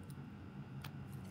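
A valve stem seal on a Land Rover Series 2A is pushed onto its valve guide on the cylinder head and clicks into place at 0.9 s. The sharp click stands out over a steady low hum, with a fainter tick near 0.1 s, and the seal ends up seated.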